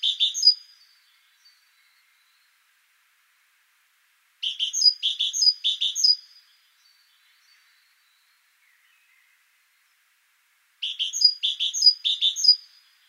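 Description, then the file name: Great tit calling in three separate bursts several seconds apart, each burst a fast series of buzzy notes and high whistles, silence between bursts. "Parus major"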